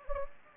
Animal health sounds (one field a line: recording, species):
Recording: mosquito wingbeat signal from an infrared sensor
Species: Anopheles gambiae